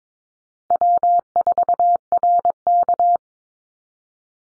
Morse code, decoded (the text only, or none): W4RK